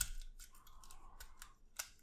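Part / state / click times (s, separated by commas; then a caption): plastic transforming toy panel into truck rear section / seated / 1.8 s. A plastic panel on a transforming toy figure is folded down over the back of the truck, producing light plastic rubbing and tapping sounds. It clicks into place at 1.8 s, seating the rear section so the back half of the truck is complete.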